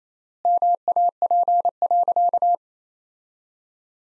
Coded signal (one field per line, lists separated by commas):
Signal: Morse code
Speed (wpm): 27 wpm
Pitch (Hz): 700 Hz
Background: none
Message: MAP.